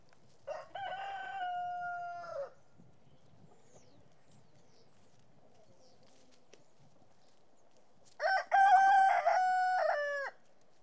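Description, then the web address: Chicken crowing twice, each crow a harsh, sustained cock-a-doodle-doo of about two seconds, separated by roughly six seconds of near silence. Chickens in a yard. "BBC Sound Effects Library. Chickens In Yard"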